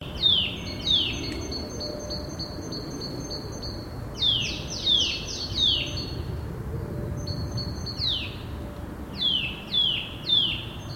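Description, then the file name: Eurasian nuthatch calling in bursts of a few sharp, high, down-slurred notes, repeated at irregular intervals, over low background rumble. "Sitta europaea"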